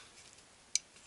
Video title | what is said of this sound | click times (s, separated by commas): KONICA-MINOLTA Bizhub c220 c280 c360 wymiana bębna i listwy DR311 DR-311 | The locking pin must click into place. | 0.8 s